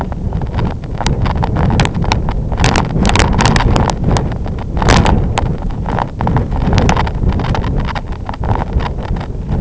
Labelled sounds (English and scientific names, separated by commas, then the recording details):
none
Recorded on Arctic tundra, site IGLO-F, on 23 June 2018
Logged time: 12:00